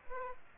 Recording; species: mosquito wingbeat signal from an infrared sensor; Aedes aegypti